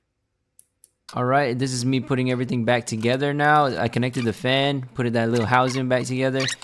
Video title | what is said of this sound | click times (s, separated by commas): 2014-2017 Lexus Radio Fix (Black Screen) | You hear it click? You're just supposed to click it and it goes in. | 0.6 s, 0.8 s